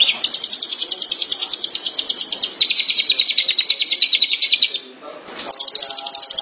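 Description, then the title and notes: Shrike song: rapid, high chattering notes in long continuous runs, dropping slightly in pitch midway, a short break, then resuming. Dated March 2017. "Pentet 201703. Suara burung pentet"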